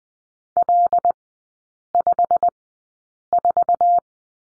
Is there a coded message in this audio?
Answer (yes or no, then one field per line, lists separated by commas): yes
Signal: Morse code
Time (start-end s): 0.6-4.0 s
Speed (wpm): 20 wpm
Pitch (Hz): 700 Hz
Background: none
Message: L54